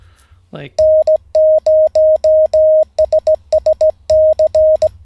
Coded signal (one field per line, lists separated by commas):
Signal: Morse code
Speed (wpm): 17 wpm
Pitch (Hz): 620 Hz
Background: speech, radio noise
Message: N0SSC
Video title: N0SSC Learns Morse Code (Day 47)